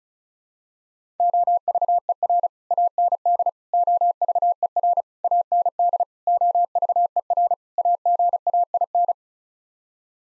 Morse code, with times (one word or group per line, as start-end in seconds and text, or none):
1.2-2.5 OVER
2.7-3.5 AND
3.7-5.0 OVER
5.2-6.0 AND
6.3-7.5 OVER
7.8-9.1 AGAIN